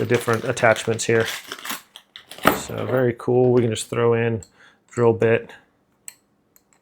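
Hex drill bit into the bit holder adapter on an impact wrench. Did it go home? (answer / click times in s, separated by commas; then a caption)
yes / 6.1 s. A hex drill bit is pushed into the quick-change bit holder adapter on the square anvil of an 800 Nm 1/2-inch brushless cordless impact wrench. Someone talks over several small handling taps. The bit pops into place with a sharp click at 6.1 s and holds stiffly.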